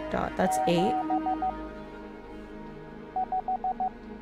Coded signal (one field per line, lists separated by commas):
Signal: Morse code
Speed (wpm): 15 wpm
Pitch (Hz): 750 Hz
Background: speech, music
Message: 7 5